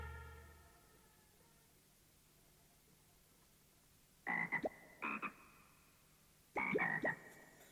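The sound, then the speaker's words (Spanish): A frog croaks three times in raspy, buzzy bursts, the last one longest, after a quiet stretch where a soft tone fades away, in the Colombian children's story series "Por si las moscas, la rana". “Por si las moscas, la rana, una mochila de cuentos a la colombiana.”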